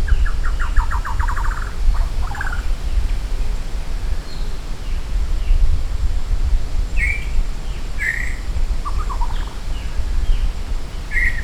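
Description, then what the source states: Maratua shama song opening with a fast rattling trill, then scattered rich whistled notes and slurred phrases through the rest, over constant low hum. From Maratua.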